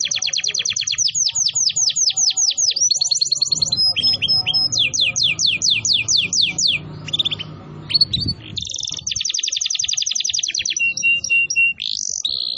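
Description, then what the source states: Canary song of quick repeated downward sweeps and rolling high trills in changing phrases, with a short pause of low noise midway. Used as a lure to attract birds.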